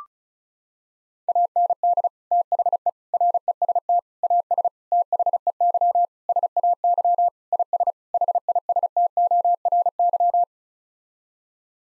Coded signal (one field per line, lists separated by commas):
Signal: Morse code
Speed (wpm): 34 wpm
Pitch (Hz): 700 Hz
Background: none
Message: AND THE REST AS THEY SAY IS HISTORY